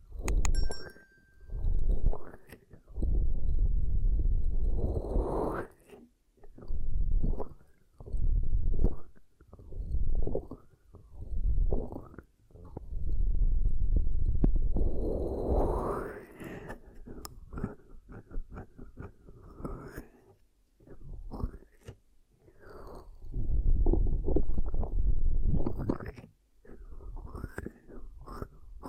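Muffled ASMR ear cupping sounds: deep, hollow swells that rise and fall in repeated pulses about once a second. The pressing alternates with short quiet gaps, and a longer sustained swell sits around the middle, followed by quicker, thinner scratchy rubbing.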